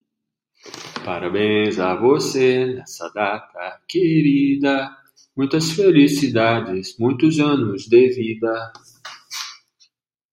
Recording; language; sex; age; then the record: short text; Brazilian Portuguese; male; 40 to 49 years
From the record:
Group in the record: control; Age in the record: 45 years